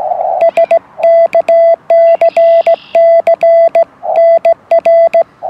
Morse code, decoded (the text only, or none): SKCC NR